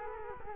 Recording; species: mosquito wingbeat signal from an infrared sensor; Culex quinquefasciatus